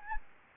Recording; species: mosquito wingbeat signal from an infrared sensor; Anopheles gambiae